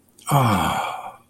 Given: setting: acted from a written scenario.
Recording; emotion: vocal sound without words; contentment